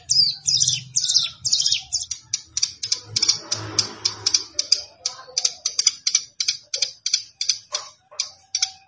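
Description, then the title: Plain prinia song: a long, rapid series of high, dry, clipped notes, steady through the whole stretch, with faint low rumble. "Ciblek Sawah"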